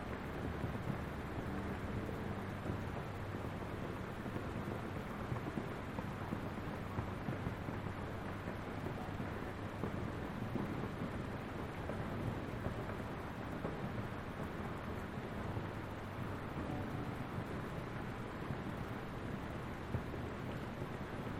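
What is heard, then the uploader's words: Rain and white noise form a steady, dense hiss that never lets up across the whole stretch. The sound is full and muffled rather than bright, with a deep rumble underneath. Sound: rain sounds, white noise.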